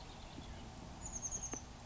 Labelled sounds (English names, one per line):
Oak Titmouse